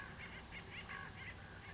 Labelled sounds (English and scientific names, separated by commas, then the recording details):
Acorn Woodpecker (Melanerpes formicivorus)
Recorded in Sonoma County, California